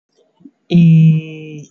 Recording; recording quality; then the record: sustained vowel as in made; excellent, no background noise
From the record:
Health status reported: healthy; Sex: male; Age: 20 years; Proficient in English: yes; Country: India